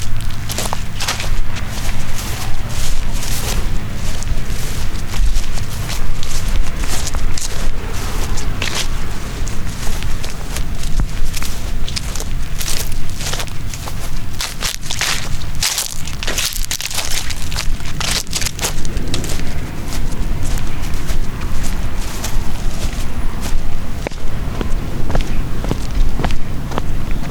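Footsteps crunch and scuff along a walking path in a steady, dense stream of short, crisp hits that run the whole way through. The texture stays busy and bright, with a low rumble underneath and no clear pauses.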